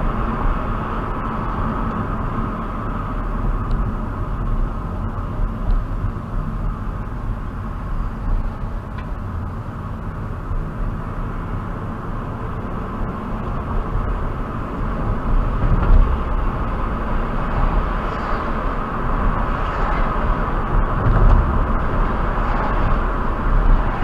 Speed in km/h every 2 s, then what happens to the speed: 48, 37, 29, 26, 24, 29, 35, 42, 48, 53, 53, 55.
0-8 slows to 24. 8-17 speeds up to 53. 17-24 steady at about 53.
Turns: none.